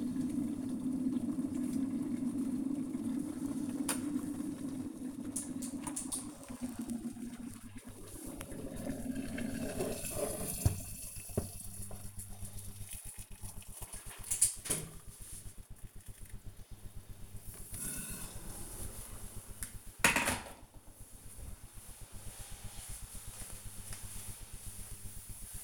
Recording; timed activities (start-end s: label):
household activities, microphone on the right wrist
0.00-20.92 s: making tea